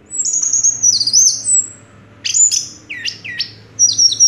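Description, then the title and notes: Orange-headed thrush song: high whistled slurred phrases, a long sweeping run followed after a pause by short descending notes and a final bright phrase. Anis merah song in the 'teler' style, with a clear voice. "Anis Merah Teler Suara Jernih. suara anis merah"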